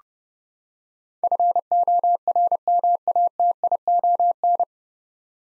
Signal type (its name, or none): Morse code